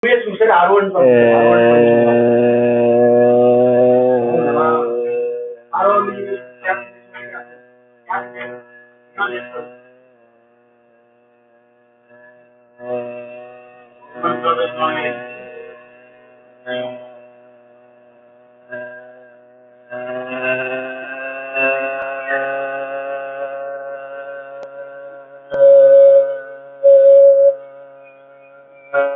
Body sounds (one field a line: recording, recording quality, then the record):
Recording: sustained vowel as in made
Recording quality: moderate, slight background noise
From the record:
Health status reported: healthy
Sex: male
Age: 24 years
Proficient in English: yes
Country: India